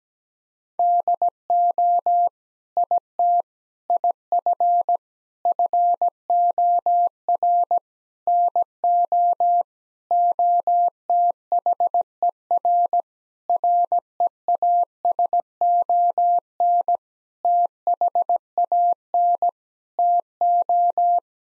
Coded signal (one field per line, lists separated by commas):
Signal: Morse code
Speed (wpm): 17 wpm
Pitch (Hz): 700 Hz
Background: none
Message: DO IT IF FOR NO OTHER REASON THAN TO